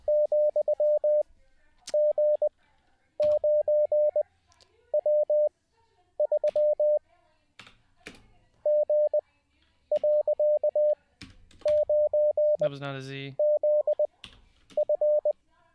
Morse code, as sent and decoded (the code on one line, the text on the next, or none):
--..-- --. ----. .-- ...-- / --. .-.-.- ----. --.. ..-.
,G9W3 G.9ZF